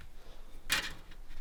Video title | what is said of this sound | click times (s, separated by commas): HOW TO: Build Your Own Gaming PC for $750 | it just kind of snaps into place | 0.7 s